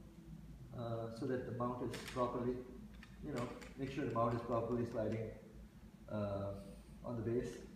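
A camera mount plate is slid forward from the back of the tripod head onto its base. Someone talks throughout, with faint handling sounds beneath the voice. Nothing has seated or clicked yet.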